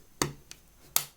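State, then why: Released. A flat-head screwdriver levers up the plastic bogie of a Graham Farish Class 47 N gauge model locomotive during dismantling. A sharp tick at 0.2 s and a faint one at 0.5 s come first. The bogie then pops free of its mounting with a crisp, positive click at 1.0 s.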